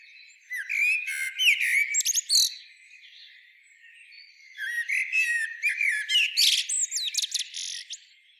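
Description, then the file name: Common blackbird song: two phrases of mellow fluted whistles, each ending in a squeaky, high twittering flourish, with a short pause between them. "Turdus merula"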